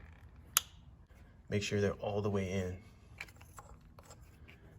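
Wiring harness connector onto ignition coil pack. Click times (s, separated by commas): 0.6 s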